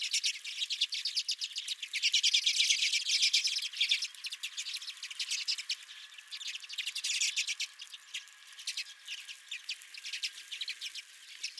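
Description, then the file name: Redpolls chattering steadily, overlapping runs of fast dry notes from a flock, rising and falling in intensity. Several redpolls at the recordist's own feeder. "Redpolls at My Feeder"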